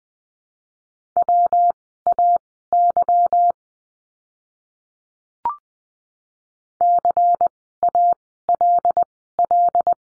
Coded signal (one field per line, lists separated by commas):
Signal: Morse code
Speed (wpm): 20 wpm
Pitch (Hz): 700 Hz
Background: none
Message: WAY CALL